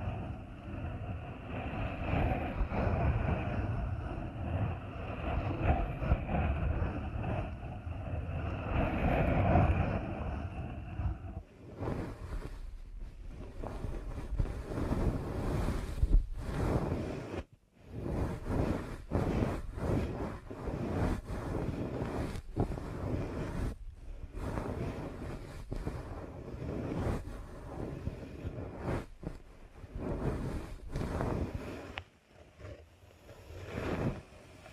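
Deep ear canal massage: dense, muffled rubbing for ten seconds, then choppier scratching with brief pauses and sharp dips until the end.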